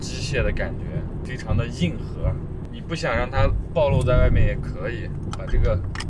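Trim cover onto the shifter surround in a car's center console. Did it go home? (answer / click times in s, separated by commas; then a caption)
no / none. In a Honda Fit GK5, a trim cover is handled and placed over the exposed race short-shifter mechanism by the gear lever in the center console while someone talks. The cover has not clipped on yet, and nothing has seated or clicked by the end.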